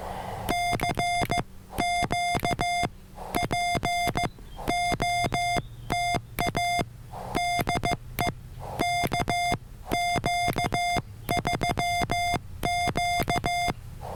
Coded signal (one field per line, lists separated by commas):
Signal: Morse code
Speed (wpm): 15 wpm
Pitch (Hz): 2100 Hz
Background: none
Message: CQ POTA DE KQ3Q